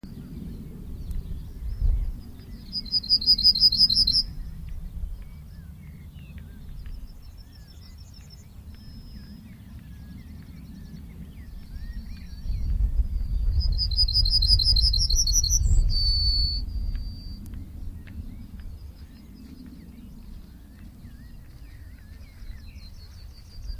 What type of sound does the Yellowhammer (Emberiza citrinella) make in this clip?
song